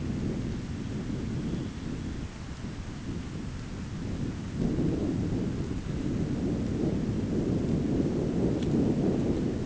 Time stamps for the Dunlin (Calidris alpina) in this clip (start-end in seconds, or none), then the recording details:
1.19-2.34. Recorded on Arctic tundra, site ZACK-1, on 15 June 2019. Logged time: 19:49